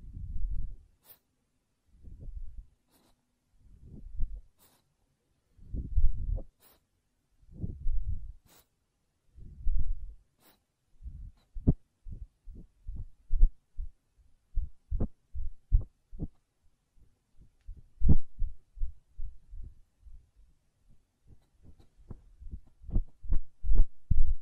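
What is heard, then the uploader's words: Ear cleaning and blowing: the first half has low, soft puffs of air about every second and a half, separated by silence, with faint clicks. After about eleven seconds come quicker, sharper rubbing and tapping sounds with brief bright pops, growing denser toward the end. ASMR Ear Cleaning and Blowing (No Talking).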